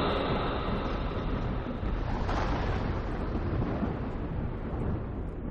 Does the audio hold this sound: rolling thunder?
yes